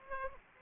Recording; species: mosquito wingbeat signal from an infrared sensor; Aedes aegypti